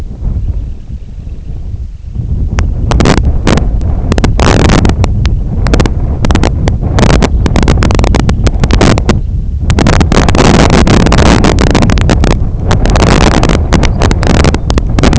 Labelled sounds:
Semipalmated Sandpiper (Calidris pusilla), unidentified sound, Lapland Longspur (Calcarius lapponicus)
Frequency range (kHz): Semipalmated Sandpiper (Calidris pusilla) 2.3-4.3 kHz; Lapland Longspur (Calcarius lapponicus) 3.0-5.9 kHz
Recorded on Arctic tundra, site IGLO-D, on 23 June 2018
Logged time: 20:00

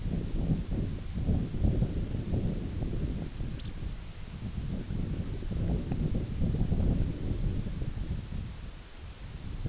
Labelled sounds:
Lapland Longspur (Calcarius lapponicus)
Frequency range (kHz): Lapland Longspur (Calcarius lapponicus) 2.1-5.0 kHz
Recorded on Arctic tundra, site IGLO-B, on 21 June 2018
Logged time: 15:59

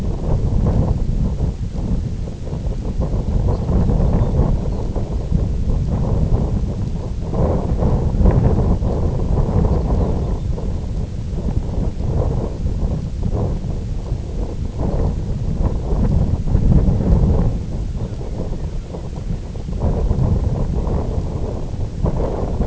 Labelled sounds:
Lapland Longspur (Calcarius lapponicus)
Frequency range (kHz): Lapland Longspur (Calcarius lapponicus) 3.1-5.4 kHz
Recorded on Arctic tundra, site IGLO-F, on 18 June 2018
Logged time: 22:00

